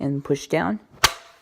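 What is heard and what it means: A rechargeable replacement battery pack, lined up with its loop facing the right way, is pushed down and slid into the battery bay of a BrailleNote Touch braille notetaker while someone talks. One sharp click at 1.0 s shows the battery pack has seated in place.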